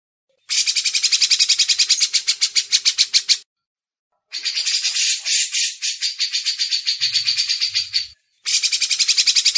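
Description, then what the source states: Grey-cheeked bulbul song of three dense chattering bursts, each a quick run of buzzy pulsed notes, separated by short silent gaps. Masteran recording, a training audio for cage birds.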